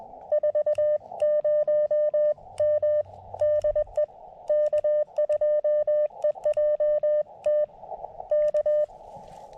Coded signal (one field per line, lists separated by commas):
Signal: Morse code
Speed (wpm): 20 wpm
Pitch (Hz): 600 Hz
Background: none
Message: 40M DE K2EJT K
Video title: My very first SOTA activation (and a POTA activation too)!